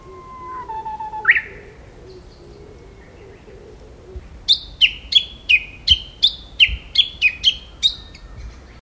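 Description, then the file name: Japanese bush warbler song: a long steady whistle followed by a sharp rising flourish, then a rapid run of about a dozen repeated sharp descending notes. "uguisu"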